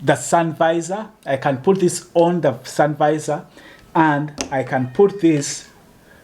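A camera mount clip is handled near a truck's sun visor while someone talks. No click is heard, and nothing has seated yet.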